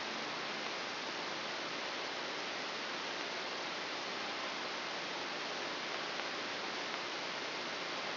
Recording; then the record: brain microelectrode recording played as sound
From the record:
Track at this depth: inside the subthalamic nucleus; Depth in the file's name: 3.712 mm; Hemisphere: left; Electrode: 2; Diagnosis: Parkinson's disease